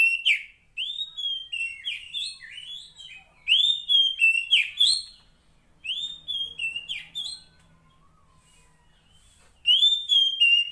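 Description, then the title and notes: Oriental magpie-robin singing loud, varied whistled phrases in short bursts. Rising and falling slurs are separated by quiet gaps, with a faint low hum. Fill-in (isian) song, meant to get a magpie-robin singing actively day and night. "Kacer Jadi Gacor Siang Malam. Isian Kacer Durasi Panjang"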